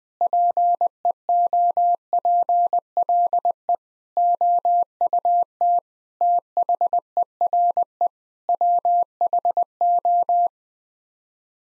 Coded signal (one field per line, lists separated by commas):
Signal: Morse code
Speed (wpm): 21 wpm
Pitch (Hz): 700 Hz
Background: none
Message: PEOPLE OUT THERE WHO